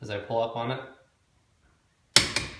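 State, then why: Torque reached. Someone talks, then pulls up on the handle of a click-type torque wrench on an already-torqued bolt, which barely turns. The wrench gives a loud, sharp click at 2.2 s, followed by a quieter snap at 2.4 s, showing it has reached its set torque and the torque spec is met.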